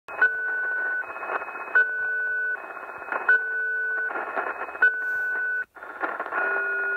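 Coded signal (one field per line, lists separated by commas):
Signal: unidentified radio signal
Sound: steady multi-tone beeps alternating with harsh buzzy data bursts, repeating about every 1.5 seconds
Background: radio static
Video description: 4185kHz. Beeping signal UNID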